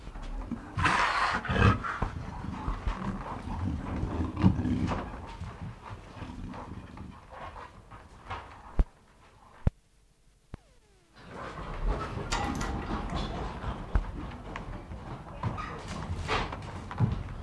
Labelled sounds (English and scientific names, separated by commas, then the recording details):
Leopard (Panthera pardus)
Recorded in captivity
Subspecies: fusca
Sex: male
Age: adult
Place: Tierpark Berlin, Berlin, DE
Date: 1960-03-26 14:00
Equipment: Reporter (Vollspur)
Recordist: Tembrock, Günter